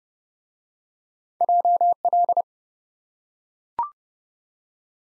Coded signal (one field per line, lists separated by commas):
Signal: Morse code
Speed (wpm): 27 wpm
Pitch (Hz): 700 Hz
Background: none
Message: JL